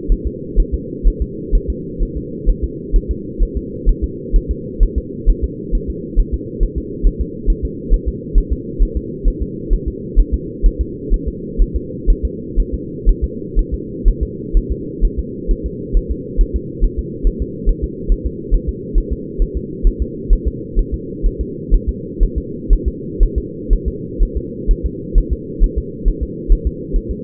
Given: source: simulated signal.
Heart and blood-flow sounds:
fetal heart sounds
0.12 s: S1
0.27 s: S2
0.60 s: S1
0.74 s: S2
1.08 s: S1
1.22 s: S2
1.55 s: S1
1.70 s: S2
2.03 s: S1
2.17 s: S2
2.50 s: S1
2.64 s: S2
2.96 s: S1
3.11 s: S2
3.43 s: S1
3.57 s: S2
3.89 s: S1
4.04 s: S2
4.36 s: S1
4.51 s: S2
4.83 s: S1
4.98 s: S2
5.30 s: S1
5.44 s: S2
5.75 s: S1
5.90 s: S2
6.20 s: S1
6.34 s: S2
6.63 s: S1
6.78 s: S2
7.07 s: S1
7.21 s: S2
7.50 s: S1
7.65 s: S2
7.94 s: S1
8.08 s: S2
8.38 s: S1
8.53 s: S2
8.83 s: S1
8.97 s: S2
9.28 s: S1
9.42 s: S2
9.73 s: S1
9.88 s: S2
10.20 s: S1
10.34 s: S2
10.66 s: S1
10.81 s: S2
11.14 s: S1
11.28 s: S2
11.62 s: S1
11.76 s: S2
12.10 s: S1
12.25 s: S2
12.60 s: S1
12.74 s: S2
13.09 s: S1
13.24 s: S2
13.59 s: S1
13.74 s: S2
14.08 s: S1
14.23 s: S2
14.57 s: S1
14.72 s: S2
15.05 s: S1
15.19 s: S2
15.51 s: S1
15.66 s: S2
15.97 s: S1
16.11 s: S2
16.41 s: S1
16.56 s: S2
16.84 s: S1
16.99 s: S2
17.27 s: S1
17.42 s: S2
17.69 s: S1
17.84 s: S2
18.12 s: S1
18.26 s: S2
18.55 s: S1
18.69 s: S2
18.98 s: S1
19.13 s: S2
19.42 s: S1
19.57 s: S2
19.87 s: S1
20.02 s: S2
20.33 s: S1
20.48 s: S2
20.79 s: S1
20.94 s: S2
21.27 s: S1
21.41 s: S2
21.75 s: S1
21.89 s: S2
22.23 s: S1
22.38 s: S2
22.73 s: S1
22.88 s: S2
23.23 s: S1
23.38 s: S2
23.73 s: S1
23.88 s: S2
24.23 s: S1
24.37 s: S2
24.71 s: S1
24.86 s: S2
25.18 s: S1
25.33 s: S2
25.64 s: S1
25.78 s: S2
26.08 s: S1
26.23 s: S2
26.53 s: S1
26.67 s: S2
26.96 s: S1
27.11 s: S2
From the record:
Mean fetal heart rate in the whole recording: 130 bpm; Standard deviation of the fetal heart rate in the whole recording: 4 bpm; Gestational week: 38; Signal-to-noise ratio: -4.1 dB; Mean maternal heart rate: no maternal heart sound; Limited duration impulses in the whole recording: absent

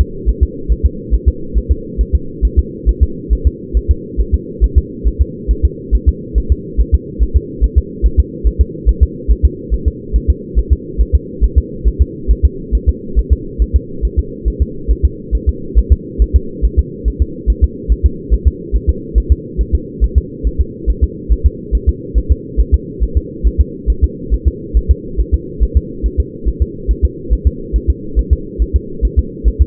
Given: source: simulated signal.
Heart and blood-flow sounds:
fetal heart sounds
0.01 s: S2
0.29 s: S1
0.43 s: S2
0.72 s: S1
0.86 s: S2
1.14 s: S1
1.28 s: S2
1.58 s: S1
1.71 s: S2
2.01 s: S1
2.15 s: S2
2.45 s: S1
2.59 s: S2
2.89 s: S1
3.03 s: S2
3.33 s: S1
3.47 s: S2
3.77 s: S1
3.91 s: S2
4.20 s: S1
4.34 s: S2
4.64 s: S1
4.78 s: S2
5.08 s: S1
5.21 s: S2
5.51 s: S1
5.65 s: S2
5.95 s: S1
6.09 s: S2
6.38 s: S1
6.52 s: S2
6.81 s: S1
6.94 s: S2
7.23 s: S1
7.37 s: S2
7.64 s: S1
7.78 s: S2
8.06 s: S1
8.20 s: S2
8.47 s: S1
8.61 s: S2
8.89 s: S1
9.03 s: S2
9.31 s: S1
9.45 s: S2
9.74 s: S1
9.88 s: S2
10.16 s: S1
10.30 s: S2
10.59 s: S1
10.73 s: S2
11.01 s: S1
11.15 s: S2
11.44 s: S1
11.58 s: S2
11.88 s: S1
12.02 s: S2
12.31 s: S1
12.45 s: S2
12.75 s: S1
12.89 s: S2
13.19 s: S1
13.33 s: S2
13.62 s: S1
13.76 s: S2
14.05 s: S1
14.19 s: S2
14.48 s: S1
14.62 s: S2
14.91 s: S1
15.05 s: S2
15.35 s: S1
15.49 s: S2
15.79 s: S1
15.92 s: S2
16.22 s: S1
16.36 s: S2
16.65 s: S1
16.79 s: S2
17.08 s: S1
17.22 s: S2
17.50 s: S1
17.64 s: S2
17.92 s: S1
18.06 s: S2
18.34 s: S1
18.47 s: S2
18.76 s: S1
18.90 s: S2
19.18 s: S1
19.32 s: S2
19.61 s: S1
19.75 s: S2
20.04 s: S1
20.18 s: S2
20.47 s: S1
20.61 s: S2
20.90 s: S1
21.04 s: S2
21.32 s: S1
21.46 s: S2
21.75 s: S1
21.89 s: S2
22.18 s: S1
22.32 s: S2
22.60 s: S1
22.74 s: S2
23.03 s: S1
23.17 s: S2
23.47 s: S1
23.61 s: S2
23.90 s: S1
24.04 s: S2
24.34 s: S1
24.48 s: S2
24.77 s: S1
24.91 s: S2
25.20 s: S1
25.34 s: S2
25.63 s: S1
25.77 s: S2
26.06 s: S1
26.20 s: S2
26.48 s: S1
26.62 s: S2
26.91 s: S1
27.05 s: S2
27.33 s: S1
27.47 s: S2
27.76 s: S1
27.90 s: S2
28.19 s: S1
28.33 s: S2
28.62 s: S1
28.76 s: S2
29.05 s: S1
29.19 s: S2
29.48 s: S1
29.62 s: S2
From the record:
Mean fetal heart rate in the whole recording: 140 bpm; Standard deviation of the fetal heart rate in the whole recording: 2 bpm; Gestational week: 34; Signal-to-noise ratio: -4.3 dB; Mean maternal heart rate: 72 bpm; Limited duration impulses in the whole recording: absent

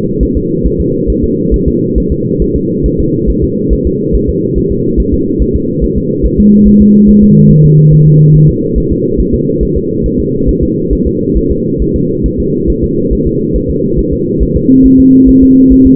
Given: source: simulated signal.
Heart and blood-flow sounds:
fetal heart sounds
0.23 s: S1
0.37 s: S2
0.66 s: S1
0.80 s: S2
1.10 s: S1
1.24 s: S2
1.54 s: S1
1.68 s: S2
1.98 s: S1
2.12 s: S2
2.42 s: S1
2.56 s: S2
2.86 s: S1
3.00 s: S2
3.30 s: S1
3.44 s: S2
3.73 s: S1
3.87 s: S2
4.15 s: S1
4.29 s: S2
4.58 s: S1
4.72 s: S2
5.00 s: S1
5.14 s: S2
5.42 s: S1
5.56 s: S2
5.84 s: S1
5.98 s: S2
6.25 s: S1
6.40 s: S2
6.67 s: S1
6.81 s: S2
7.09 s: S1
7.23 s: S2
7.51 s: S1
7.65 s: S2
7.93 s: S1
8.07 s: S2
8.36 s: S1
8.50 s: S2
8.78 s: S1
8.92 s: S2
9.20 s: S1
9.34 s: S2
9.63 s: S1
9.77 s: S2
10.06 s: S1
10.20 s: S2
10.49 s: S1
10.63 s: S2
10.93 s: S1
11.07 s: S2
11.37 s: S1
11.51 s: S2
11.82 s: S1
11.96 s: S2
12.26 s: S1
12.40 s: S2
12.70 s: S1
12.84 s: S2
13.13 s: S1
13.27 s: S2
13.56 s: S1
13.70 s: S2
13.99 s: S1
14.13 s: S2
14.43 s: S1
14.57 s: S2
14.86 s: S1
15.00 s: S2
15.29 s: S1
15.43 s: S2
15.72 s: S1
15.86 s: S2
From the record:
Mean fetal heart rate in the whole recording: 140 bpm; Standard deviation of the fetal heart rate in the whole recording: 2 bpm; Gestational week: 34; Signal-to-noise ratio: -11.2 dB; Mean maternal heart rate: 72 bpm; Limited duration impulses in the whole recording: present

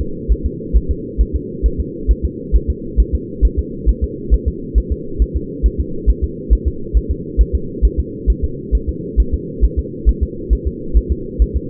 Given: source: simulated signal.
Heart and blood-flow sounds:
fetal heart sounds
0.01 s: S2
0.32 s: S1
0.46 s: S2
0.76 s: S1
0.91 s: S2
1.21 s: S1
1.36 s: S2
1.66 s: S1
1.80 s: S2
2.11 s: S1
2.25 s: S2
2.55 s: S1
2.70 s: S2
3.00 s: S1
3.15 s: S2
3.45 s: S1
3.59 s: S2
3.89 s: S1
4.04 s: S2
4.34 s: S1
4.48 s: S2
4.78 s: S1
4.92 s: S2
5.22 s: S1
5.36 s: S2
5.66 s: S1
5.80 s: S2
6.10 s: S1
6.24 s: S2
6.53 s: S1
6.68 s: S2
6.97 s: S1
7.11 s: S2
7.41 s: S1
7.55 s: S2
7.85 s: S1
8.00 s: S2
8.30 s: S1
8.44 s: S2
8.75 s: S1
8.89 s: S2
9.20 s: S1
9.34 s: S2
9.64 s: S1
9.79 s: S2
10.09 s: S1
10.23 s: S2
10.53 s: S1
10.67 s: S2
10.97 s: S1
11.12 s: S2
11.42 s: S1
11.56 s: S2
From the record:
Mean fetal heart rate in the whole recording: 135 bpm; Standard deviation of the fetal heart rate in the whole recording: 3 bpm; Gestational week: 34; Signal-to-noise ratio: -4.3 dB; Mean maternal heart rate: 72 bpm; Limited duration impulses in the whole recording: absent

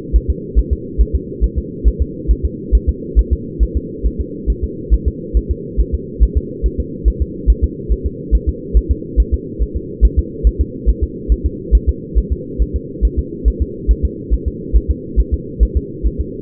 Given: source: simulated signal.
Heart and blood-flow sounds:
fetal heart sounds
0.16 s: S1
0.30 s: S2
0.59 s: S1
0.73 s: S2
1.01 s: S1
1.15 s: S2
1.44 s: S1
1.58 s: S2
1.88 s: S1
2.02 s: S2
2.31 s: S1
2.45 s: S2
2.75 s: S1
2.89 s: S2
3.19 s: S1
3.33 s: S2
3.63 s: S1
3.77 s: S2
4.06 s: S1
4.21 s: S2
4.50 s: S1
4.64 s: S2
4.94 s: S1
5.08 s: S2
5.37 s: S1
5.51 s: S2
5.80 s: S1
5.94 s: S2
6.23 s: S1
6.37 s: S2
6.66 s: S1
6.80 s: S2
7.08 s: S1
7.22 s: S2
7.50 s: S1
7.64 s: S2
7.92 s: S1
8.06 s: S2
8.35 s: S1
8.49 s: S2
8.77 s: S1
8.91 s: S2
9.20 s: S1
9.34 s: S2
9.62 s: S1
9.77 s: S2
10.05 s: S1
10.19 s: S2
10.47 s: S1
10.61 s: S2
10.89 s: S1
11.04 s: S2
11.32 s: S1
11.46 s: S2
11.75 s: S1
11.89 s: S2
12.18 s: S1
12.32 s: S2
12.62 s: S1
12.76 s: S2
13.05 s: S1
13.19 s: S2
13.48 s: S1
13.62 s: S2
13.91 s: S1
14.05 s: S2
14.34 s: S1
14.48 s: S2
14.77 s: S1
14.91 s: S2
15.20 s: S1
15.34 s: S2
15.63 s: S1
15.77 s: S2
16.06 s: S1
16.21 s: S2
From the record:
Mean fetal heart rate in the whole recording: 140 bpm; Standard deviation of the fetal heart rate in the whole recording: 2 bpm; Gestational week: 34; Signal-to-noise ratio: -4.1 dB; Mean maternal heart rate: no maternal heart sound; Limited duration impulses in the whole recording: absent

